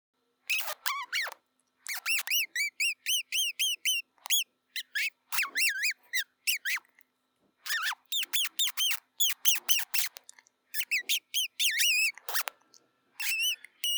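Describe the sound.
Mouse squeaking rapidly in bursts, with many short, high, bouncy notes packed closely together and brief pauses between runs.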